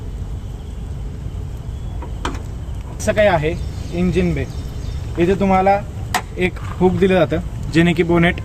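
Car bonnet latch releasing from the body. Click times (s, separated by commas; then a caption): 2.2 s. A bonnet release catch on a Maruti Suzuki Baleno Zeta CNG is operated to open the engine bay, and the latch pops open with a sharp click-pop at 2.2 s. Someone talks from about 3 seconds onward.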